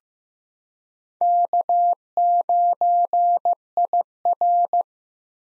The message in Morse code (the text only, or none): K9IR